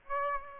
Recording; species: mosquito wingbeat signal from an infrared sensor; Aedes aegypti